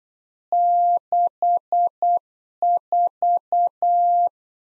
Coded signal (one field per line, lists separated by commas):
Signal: Morse code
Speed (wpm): 8 wpm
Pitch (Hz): 700 Hz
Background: none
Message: 64